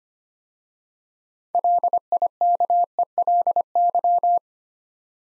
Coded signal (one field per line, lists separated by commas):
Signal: Morse code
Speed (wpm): 25 wpm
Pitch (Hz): 700 Hz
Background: none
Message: LIKELY